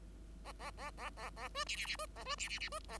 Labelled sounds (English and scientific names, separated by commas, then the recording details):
Bengalese Finch (Lonchura striata domestica) song
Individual Bird5